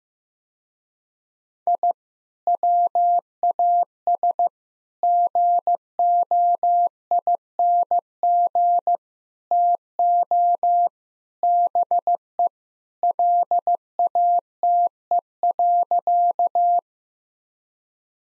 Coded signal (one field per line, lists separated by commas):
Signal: Morse code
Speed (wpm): 15 wpm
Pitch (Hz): 700 Hz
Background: none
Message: I WAS GOING TO BE LATE.